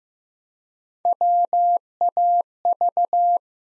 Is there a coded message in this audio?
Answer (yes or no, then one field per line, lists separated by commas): yes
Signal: Morse code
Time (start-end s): 1.1-3.4 s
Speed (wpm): 15 wpm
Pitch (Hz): 700 Hz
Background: none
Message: WAV